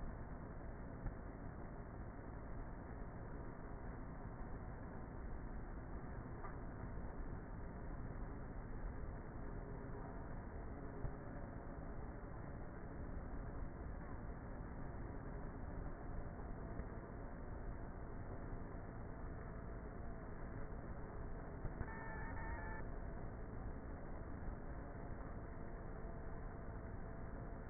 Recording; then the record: honeybee colony, microphone inside the hive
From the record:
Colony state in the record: queenless with a low population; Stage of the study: before two queens were removed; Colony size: about 30,000 bees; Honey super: no